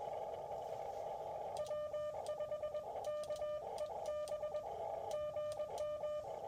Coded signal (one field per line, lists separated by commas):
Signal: Morse code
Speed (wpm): 20 wpm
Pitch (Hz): 1200 Hz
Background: radio noise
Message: W5KEB GM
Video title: Cold weather POTA? Here's how I stay comfortable operating CW